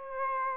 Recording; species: mosquito wingbeat signal from an infrared sensor; Aedes aegypti